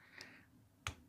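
A screwdriver pushes a hidden internal contact part into the base of an electric kettle to make sure it is fully seated. A faint tick sounds at 0.2 s, then a sharp, loud snap at 0.9 s as the part seats fully in place.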